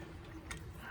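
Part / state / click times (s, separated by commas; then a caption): torque wrench on the throttle cable adjuster bolt / torque reached / 0.5 s. A torque wrench set to about 8 N·m tightens the throttle cable adjuster bolt on a Gen 2 LT1 engine. A single sharp click is heard at 0.5 s over a low background hum, confirming the wrench has reached its torque setting.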